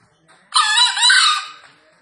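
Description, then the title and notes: Green junglefowl crow: a faint lead-in note followed by a loud, harsh, two-part rasping call lasting about a second. Wild green junglefowl released free, calling vigorously from up in a tree; presented as a junglefowl lure call. "Panggilan Ayam Hutan Liar. Keren Sekali Ayam Hutan Hijau Dilepas Bebas n Bunyi Gacor Diatas Pohon. Pemikat Ayam Hutan"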